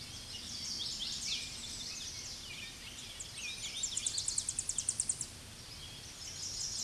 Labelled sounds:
Tennessee Warbler song
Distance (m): 30 m
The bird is about 20 m above the microphone
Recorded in a Pennsylvania forest on 16 May 2024 at 07:13
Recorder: AudioMoth, point MSD-1360
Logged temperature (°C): 14.8 °C
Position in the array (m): 155 m, 216 m

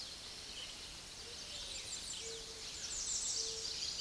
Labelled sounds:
American Redstart song
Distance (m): 25 m
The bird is about level with the microphone
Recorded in a Pennsylvania forest on 16 May 2024 at 06:12
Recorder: AudioMoth, point MSD-0383
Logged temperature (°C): 15.3 °C
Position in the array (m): 111 m, 226 m

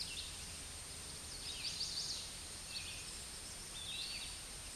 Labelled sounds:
Red-eyed Vireo song
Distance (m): 45 m
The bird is about 25 m above the microphone
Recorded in a Pennsylvania forest on 16 May 2024 at 08:22
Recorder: AudioMoth, point MSD-0398
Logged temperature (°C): 16.4 °C
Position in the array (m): 178 m, 73 m

